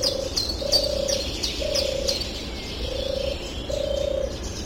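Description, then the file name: European turtle dove purring, soft rolling notes about half a second long, repeated roughly every second, with thin high chirping from other birds. "Tourterelle des bois"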